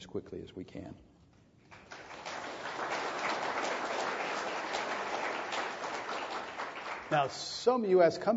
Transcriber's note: applause